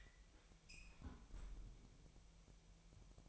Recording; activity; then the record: daily activity, microphone in the room; close fridge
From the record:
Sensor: 1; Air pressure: 1002.0 hPa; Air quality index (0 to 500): 242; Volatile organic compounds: 48 ppm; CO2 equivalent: 3270 ppm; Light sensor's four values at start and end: 8/27/10/11 and 8/27/10/11